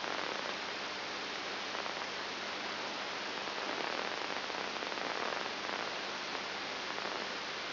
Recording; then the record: brain microelectrode recording played as sound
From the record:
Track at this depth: inside the subthalamic nucleus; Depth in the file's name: 5.101 mm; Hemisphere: left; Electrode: 3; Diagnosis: Parkinson's disease